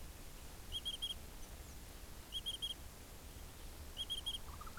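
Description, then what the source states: Insect call of three quick high pulses, repeated about every one and a half seconds, against low rumbling noise. Recorded in a pasture.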